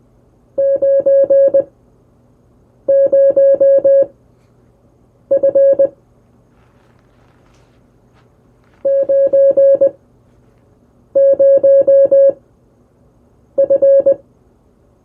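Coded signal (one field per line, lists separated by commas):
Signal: Morse code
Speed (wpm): 20 wpm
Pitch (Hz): 550 Hz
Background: music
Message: 90F 90F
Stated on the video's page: Morse illustrating a typical first CW QSO on the air.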